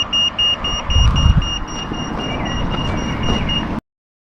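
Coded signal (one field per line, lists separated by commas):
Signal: alarm pattern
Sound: rapid steady high-pitched beeping, about four beeps per second, over street traffic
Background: traffic noise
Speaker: Did you listen? Good. Now the beeping sound goes a very quick short beeping sound. So the TSEU Toucan Crossing setup gives a very short beeping sound.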